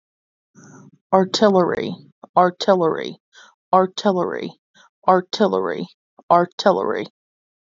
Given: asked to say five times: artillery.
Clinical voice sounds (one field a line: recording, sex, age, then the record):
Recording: repeated word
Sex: female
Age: 30 to 39 years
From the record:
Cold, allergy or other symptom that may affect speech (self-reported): no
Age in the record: 32 years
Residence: Delaware, United States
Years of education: 16